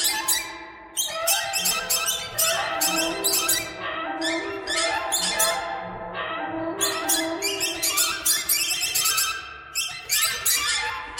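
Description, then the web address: Noisy gathering of birds, grating squawks and shrill squeaks overlapping constantly, with brief lulls and renewed bursts of calling. "soundfactory birds"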